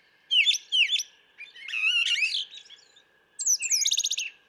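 Brown thrasher song with two loud whistled phrases, a long buzzy warbled phrase, then a fast rattling trill of repeated clicks, over a steady faint tone.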